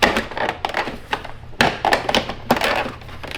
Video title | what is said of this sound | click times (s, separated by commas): Pushing The Most Clapped BMW M5 To 750HP To See If It Blows Up Again (Full Build) | oh, boom, just like that. Snaps right into place. | 1.6 s